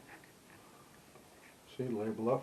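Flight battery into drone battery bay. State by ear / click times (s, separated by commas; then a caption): not seated / none. A flight battery for a TENSSENX TSRC X7 GPS drone, an under-$60 model, is turned label up and lined up with the drone's battery bay before being pushed in. Faint, quiet handling is heard, then someone talks from about 1.8 s. The battery has not been pushed home or clicked into place yet.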